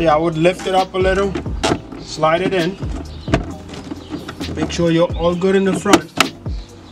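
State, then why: Seated. Someone talks while a plastic cup/rod holder clip is lifted slightly, slid into its mounting rail on a Sea-Doo personal watercraft and pushed home. A sharp click at 6.2 s marks the clip seating, and the holder is confirmed in place.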